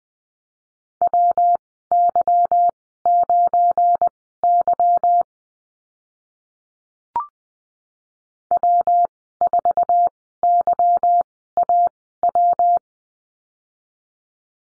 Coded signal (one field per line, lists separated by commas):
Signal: Morse code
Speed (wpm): 20 wpm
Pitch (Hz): 700 Hz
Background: none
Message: WY9Y W4YAW